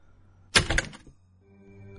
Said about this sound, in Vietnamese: Cánh cửa phòng khẽ khép lại.